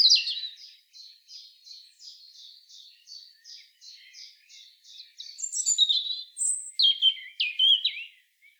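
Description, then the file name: European robin singing: a long, steady run of quick, thin repeated notes, then a louder, jumbled high warbling phrase with piercing whistles. "Erithacus rubecula"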